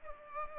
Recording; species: mosquito wingbeat signal from an infrared sensor; Culex pipiens